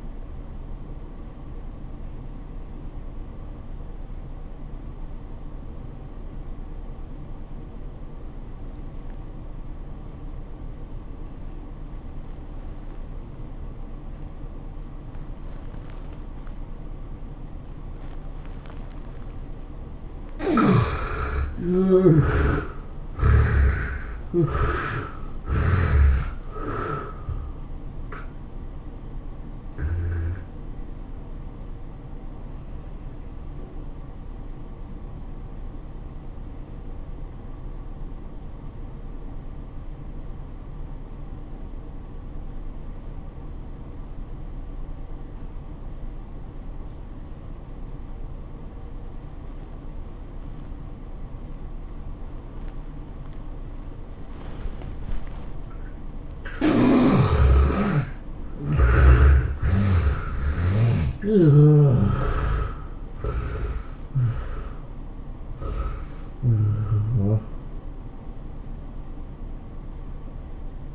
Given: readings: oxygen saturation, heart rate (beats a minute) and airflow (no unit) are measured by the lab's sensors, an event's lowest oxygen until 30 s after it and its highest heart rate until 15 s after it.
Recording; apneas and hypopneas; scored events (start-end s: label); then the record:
breathing in sleep by a smartphone at the bedside; 2
3.00-21.80 s: obstructive apnea (N1, oxygen 96% highest, then 72% lowest, heart rate 93 at the start, 107 highest)
36.00-55.30 s: obstructive apnea (N1, oxygen 95% highest, then 67% lowest, heart rate 81 at the start, 109 highest)
From the record:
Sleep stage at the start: N1 (lightest sleep); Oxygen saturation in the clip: 70 to 96%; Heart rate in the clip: 80 to 109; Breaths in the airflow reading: 10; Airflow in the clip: -15.1 to 16.6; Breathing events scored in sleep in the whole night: 403 in 5.5 hours asleep